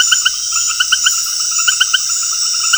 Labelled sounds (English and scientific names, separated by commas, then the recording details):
none
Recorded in dense forest near Puerto Asís, Putumayo, Colombia, on 21 February 2024 at 20:30
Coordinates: 0.485, -76.325
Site G6429